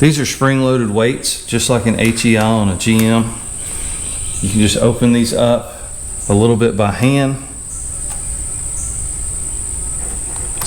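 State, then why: Not seated. Someone talks while spreading the spring-loaded weights of an ignition advance unit open by hand and sliding it onto the end of the engine camshaft of an ATC 185, 185S, 200, 200S, 200M, 200E, 200ES or 200X. A steady high-pitched whine runs underneath throughout. The unit has not locked or clicked into place yet.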